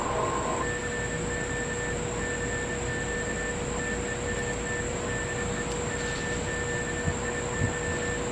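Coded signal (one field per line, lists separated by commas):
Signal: Morse code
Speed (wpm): 25 wpm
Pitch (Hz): 1800 Hz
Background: none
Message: CQ CQ TEST DE W7IY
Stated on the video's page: Amateur radio club Reverse Beacon Network exercise during the solar eclipse.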